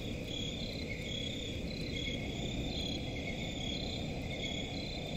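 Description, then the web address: Crickets chirping in an unbroken high chorus of pulsing trills over a steady low background rumble. Crickets in a forest at night. "Forest and crickets at night. صدای-آرامبخش-جنگل-و-جیرجیرک"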